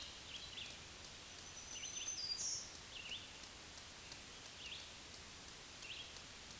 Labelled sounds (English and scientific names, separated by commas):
Black-throated Green Warbler (Setophaga virens) song